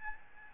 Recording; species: mosquito wingbeat signal from an infrared sensor; Aedes albopictus